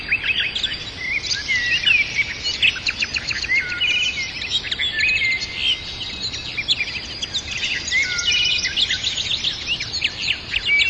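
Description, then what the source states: Birds in a busy chorus, many high chirps and short trills overlapping without pause, over a constant background hiss. Birds in a forest.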